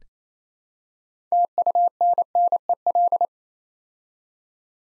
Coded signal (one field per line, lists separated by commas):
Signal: Morse code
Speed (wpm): 27 wpm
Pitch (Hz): 700 Hz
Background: none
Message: TUNNEL